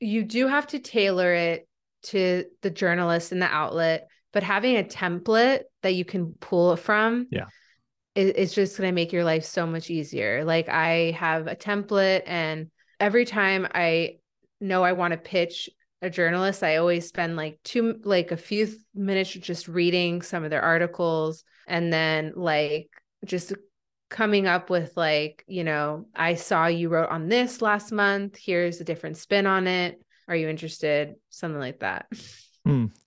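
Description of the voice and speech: An adult woman who stutters speaks conversationally with stretched sounds, a part-word repetition ('i-its') and short silent pauses breaking phrases mid-sentence, with fluent stretches between them. These sound prolongations, repetitions and blocks are her stuttering, heard on a disfluent day.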